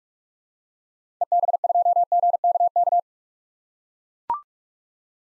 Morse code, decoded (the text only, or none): EB2GKK